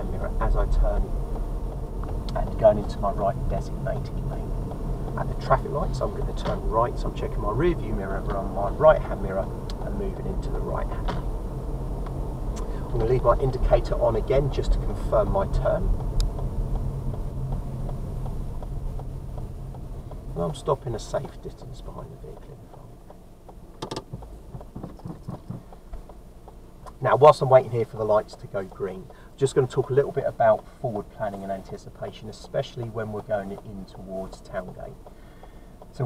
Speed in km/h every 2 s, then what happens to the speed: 24, 24, 26, 27, 27, 29, 31, 29, 23, 18, 11, 8, 3, 3, 3, 3, 3, 3.
0-13 steady at about 27. 13-24 slows to 3. 24-36 steady at about 3.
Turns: none.